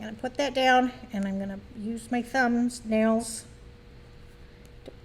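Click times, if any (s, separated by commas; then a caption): 4.9 s. Someone talks while pushing a plastic backing washer with the thumbnails onto the stem of an amigurumi safety eye set through a crocheted toy. After the talk, a faint snap is heard at 4.9 s as the washer seats into place.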